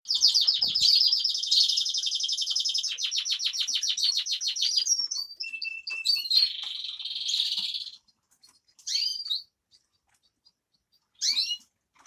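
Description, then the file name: Grass parakeet trill: a long rapid pulsing buzz for several seconds, a level whistled note and another buzzy stretch, then a few separate sharp chirps after a pause. "travyanye popugaiciki"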